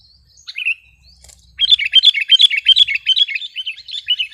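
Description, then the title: Sooty-headed bulbul chatter, a few brief notes, then a steady, rapid series of repeated chirping notes running to the end. "kutilang"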